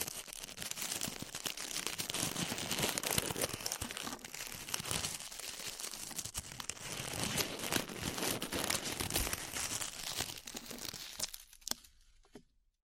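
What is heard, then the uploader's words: Glue being peeled off, heard as a dense run of sticky crackling and crinkling that carries on almost without pause for about eleven seconds. Small pops and tearing sounds keep flickering through it, then it thins to a few last crackles and stops near twelve seconds. ASMR Peeling Glue Off Your Ears (No Talking).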